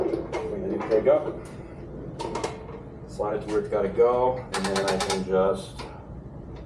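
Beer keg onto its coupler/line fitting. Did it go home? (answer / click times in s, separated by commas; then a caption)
no / none. A beer keg is slid into position in a bar basement, about to be lowered onto its coupler or line fitting, while someone talks over brief handling knocks, including a short sharp sound near 2.4 s. Nothing has seated or clicked onto the coupler yet.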